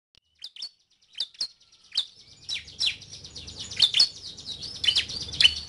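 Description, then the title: Bar-winged prinia song: high, thin chips that start sparse and quiet, then become louder and denser, with a low hum behind. "Kicau Ciblek"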